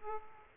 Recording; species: mosquito wingbeat signal from an infrared sensor; Aedes aegypti